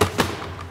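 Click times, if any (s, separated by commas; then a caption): 0.0 s, 0.2 s. A collapsible plastic storage crate is unfolded, and its folding side wall snaps upright and locks into place. Two quick thudding clicks land at 0.0 and 0.2 seconds, and the wall is seated.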